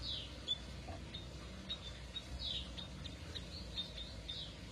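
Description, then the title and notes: Atlantic canary giving thin, high slurred chirps and brief squeaks at irregular intervals, with a low hum running throughout. Kenari F1 Ys bird; used as therapy for a canary that has stopped singing (macet). "TERAPI KENARI MACET. Kenari F1 Ys"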